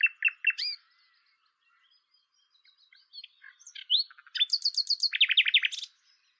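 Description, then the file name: Common nightingale song made of separate phrases: quick chirps, scattered soft notes, then a high rapid run followed by a loud series of repeated downslurred notes. "Luscinia megarhynchos"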